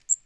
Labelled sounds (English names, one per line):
Magnolia Warbler flight call